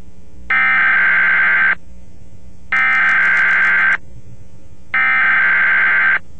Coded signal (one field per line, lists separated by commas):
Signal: Emergency Alert System (SAME) tones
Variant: header bursts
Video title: A REAL EAS ALERT FROM WBAP: 6/10/09- 2/4